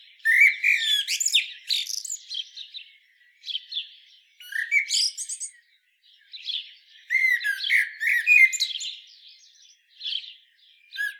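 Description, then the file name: Common blackbird singing several phrases, each opening with low fluted notes and breaking into squeaky, high twittering, separated by short pauses. "Turdus merula"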